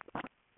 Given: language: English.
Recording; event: throat vibration sensor signal played as sound; swallow